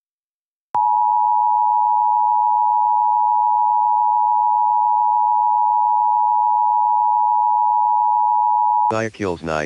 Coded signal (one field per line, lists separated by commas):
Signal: Emergency Alert System (SAME) tones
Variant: 853 and 960 Hz attention tone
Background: speech